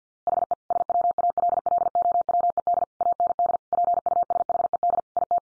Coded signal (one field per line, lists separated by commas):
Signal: Morse code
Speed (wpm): 50 wpm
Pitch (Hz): 700 Hz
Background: none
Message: HE SWALLOWED AND PUSHED IT